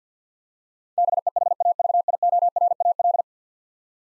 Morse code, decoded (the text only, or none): BEHAVIORAL